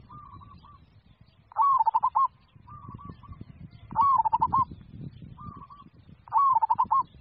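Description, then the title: Zebra dove cooing song, a brisk phrase of rapid stuttering coos after a rising start, three phrases evenly spaced, quieter trilled coos in the gaps. "Suara Burung Perkutut"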